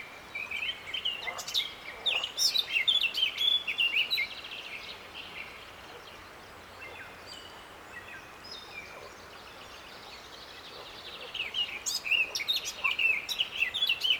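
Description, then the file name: Eurasian blackcap song in two bursts of rich, varied warbling, separated by several seconds of near silence, with light background noise. "Sylvia atricapilla"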